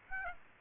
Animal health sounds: mosquito wingbeat signal from an infrared sensor; Aedes aegypti

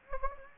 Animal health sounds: mosquito wingbeat signal from an infrared sensor; Anopheles gambiae

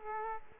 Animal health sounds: mosquito wingbeat signal from an infrared sensor; Culex quinquefasciatus

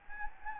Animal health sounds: mosquito wingbeat signal from an infrared sensor; Anopheles gambiae

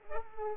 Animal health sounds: mosquito wingbeat signal from an infrared sensor; Culex pipiens

